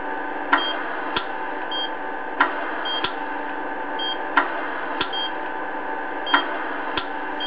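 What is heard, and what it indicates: A heart monitor machine gives short electronic beeps with sharp clicks, about 30 a minute, over a steady hiss; no flatline tone is heard.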